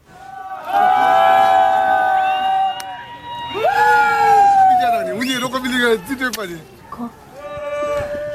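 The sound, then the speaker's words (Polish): A crowd cheers at an archery contest in Bhutan, where archery is the national sport: voices shout and call out in long, sustained, wavering cries whose pitch swoops up and down, loud throughout with brief gaps between bursts. “A no właśnie, to są odgłosy towarzyszące czemu, co nazywa się tam sportem narodowym, tak czyli... ucznictwem.”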